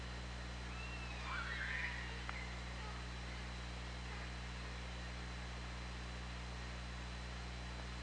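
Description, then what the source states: Orca pulsed call, a single short burst sweeping up and down between mid and high pitch, over a steady low hum and hiss. Recorded on the OrcaLab hydrophone, 24 August 2017, 20:33.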